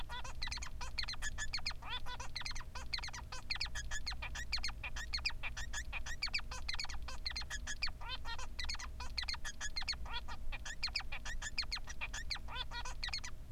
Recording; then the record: song of a male Bengalese finch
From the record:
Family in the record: son of father 3